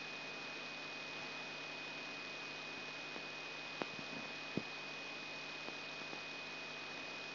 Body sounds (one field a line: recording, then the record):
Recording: brain microelectrode recording played as sound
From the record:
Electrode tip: outside the subthalamic nucleus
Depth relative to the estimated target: -6 mm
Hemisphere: right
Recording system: AlphaMap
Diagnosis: Parkinson's disease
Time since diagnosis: 6 years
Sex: female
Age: 40 years